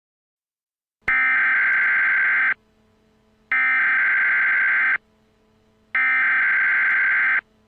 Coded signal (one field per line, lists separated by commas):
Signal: Emergency Alert System (SAME) tones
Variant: header bursts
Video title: EAS Scenario- The Innocent Part 1- Where it all begins